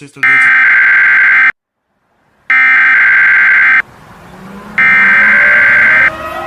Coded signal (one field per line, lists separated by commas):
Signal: Emergency Alert System (SAME) tones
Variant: header bursts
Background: speech